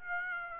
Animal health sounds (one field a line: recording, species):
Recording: mosquito wingbeat signal from an infrared sensor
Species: Aedes aegypti